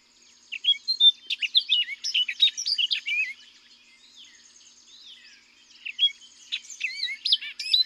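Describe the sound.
Orchard oriole song: an energetic jumble of whistled and buzzy notes, a pause, then another rapid phrase.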